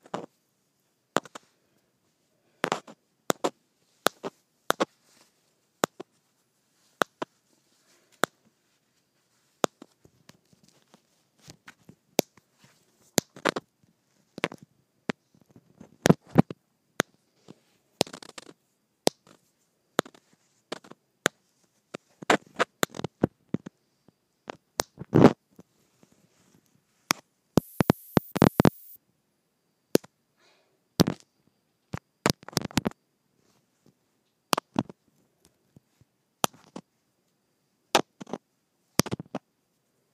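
A microphone taps against plastic in irregular sharp clicks and clustered bursts over near silence, with a denser rattling flurry around twenty-eight seconds.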